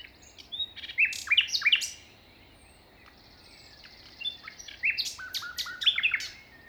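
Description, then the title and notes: Common nightingale song: two bursts of rich varied phrases, sharp whistles and quick chirps, separated by a pause of about two seconds; soft rustling wind underneath. Beside a path on the Plateau de Lesches en Diois, 21 May 2019 at 5:05 am; windy; recorded in stereo with a Nagra Seven and MKH40 microphones. "Plateau de Lesches en diois. un rossignol en bord de chemin"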